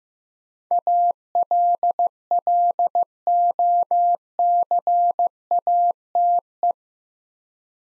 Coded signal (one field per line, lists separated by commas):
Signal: Morse code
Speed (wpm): 15 wpm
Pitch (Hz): 700 Hz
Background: none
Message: ALLOCATE